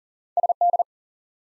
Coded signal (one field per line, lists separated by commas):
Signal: Morse code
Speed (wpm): 40 wpm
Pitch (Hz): 700 Hz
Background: none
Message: SD